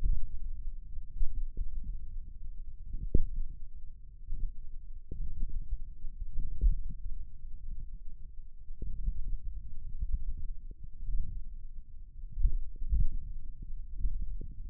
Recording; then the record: forearm muscle sounds (acoustic myography)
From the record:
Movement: finger pinch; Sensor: system 1, eight BSWA MPA416 microphones around the upper forearm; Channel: 8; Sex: male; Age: 28 years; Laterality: right